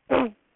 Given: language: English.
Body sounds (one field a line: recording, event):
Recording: throat vibration sensor signal played as sound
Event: throat clearing